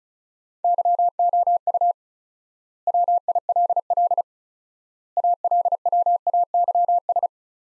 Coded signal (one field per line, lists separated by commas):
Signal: Morse code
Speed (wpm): 36 wpm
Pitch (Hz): 700 Hz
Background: none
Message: YOU WILL ALWAYS